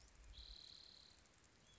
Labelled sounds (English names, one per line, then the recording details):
Spotted Towhee
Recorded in Sonoma County, California